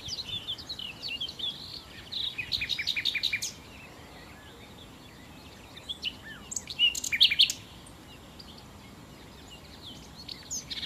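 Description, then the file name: Common nightingale giving scattered varied phrases with clicks and buzzy bursts, separated by quiet gaps in a soft background hiss. "Nachtigall"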